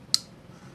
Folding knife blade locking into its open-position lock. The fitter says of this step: so nice click any detent ledge no any blade Rock